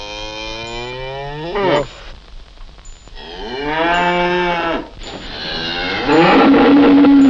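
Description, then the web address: Cow mooing: three long harmonic moos, the first falling, the second rising then falling, the last loud and steady. "Kuh"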